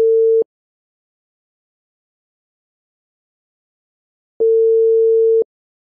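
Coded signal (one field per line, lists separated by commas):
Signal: telephone call progress tone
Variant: China, 450 Hz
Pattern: ringback tone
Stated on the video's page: Pakistan ringing/ringback tone, 1961-2024 versions per CCITT/ITU and ETSI documents, normalized to -6 dB.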